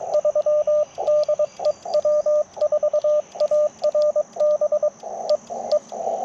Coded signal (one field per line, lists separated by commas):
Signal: Morse code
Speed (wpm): 22 wpm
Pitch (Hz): 1200 Hz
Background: radio noise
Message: 3 DE W4ARB E E